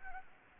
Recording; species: mosquito wingbeat signal from an infrared sensor; Anopheles gambiae